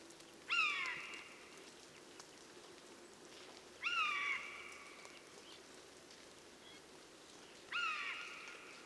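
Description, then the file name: Eurasian jay repeating a nasal, cat-like mew roughly every three to four seconds, each note dropping in pitch. "Garrulus glandarius"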